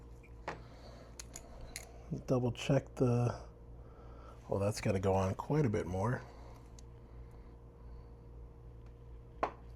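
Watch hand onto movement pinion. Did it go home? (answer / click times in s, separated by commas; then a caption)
yes / 9.4 s. A watch hand is pressed onto the pinion post of an automatic movement with a hand press, and someone talks while it is found to need pressing on quite a bit further. After quiet handling, a sharp little click at 9.4 s marks the hand seating onto the pinion.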